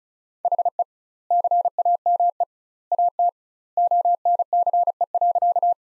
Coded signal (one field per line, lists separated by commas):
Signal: Morse code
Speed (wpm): 36 wpm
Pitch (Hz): 700 Hz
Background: none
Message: HE CAME AT ONCE.